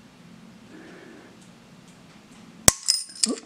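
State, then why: Stripped. A tool forces a tight left-hand steel screw in a hammer assembly in the loosening direction, with low quiet strain for the first part of the clip. At 2.7 s the screw head breaks off with a sharp, loud snap, followed by smaller metallic clinks at about 2.9 s and 3.2 s. The screw is stripped, its head sheared off during removal.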